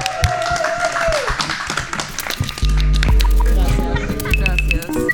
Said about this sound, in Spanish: ¿Aplaudimos o no aplaudimos? Sí. No sé. Sí, aplaudimos, aplaudimos.